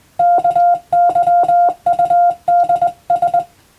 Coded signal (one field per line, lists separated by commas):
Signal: Morse code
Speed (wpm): 21 wpm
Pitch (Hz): 700 Hz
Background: none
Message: KYUDS